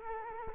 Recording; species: mosquito wingbeat signal from an infrared sensor; Culex quinquefasciatus